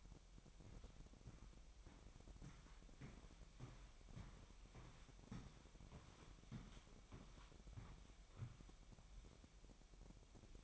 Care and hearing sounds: daily activity, microphone in the room; walk to room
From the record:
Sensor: 1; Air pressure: 1012.2 hPa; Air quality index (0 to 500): 193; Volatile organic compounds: 4 ppm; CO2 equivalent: 1554 ppm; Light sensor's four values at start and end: 83/198/84/89 and 79/187/79/85

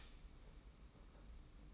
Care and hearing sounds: daily activity, microphone in the room; start toaster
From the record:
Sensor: 1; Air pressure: 991.7 hPa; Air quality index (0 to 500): 171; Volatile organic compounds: 1000 ppm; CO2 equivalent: 6429 ppm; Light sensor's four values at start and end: 33/110/43/44 and 33/110/43/44

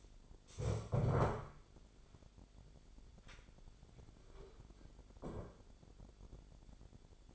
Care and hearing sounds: daily activity, microphone in the room; stand up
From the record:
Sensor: 5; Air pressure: 1007.9 hPa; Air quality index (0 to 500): 153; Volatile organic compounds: 3 ppm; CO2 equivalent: 1468 ppm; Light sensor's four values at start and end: 56/159/62/61 and 56/159/61/61

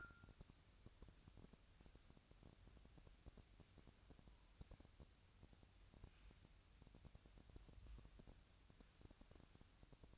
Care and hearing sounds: daily activity, microphone in the room; wipe stove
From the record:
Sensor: 2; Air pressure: 1003.1 hPa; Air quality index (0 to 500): 202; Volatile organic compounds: 6 ppm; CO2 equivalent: 1917 ppm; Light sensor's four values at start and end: 7/17/7/8 and 7/17/7/8

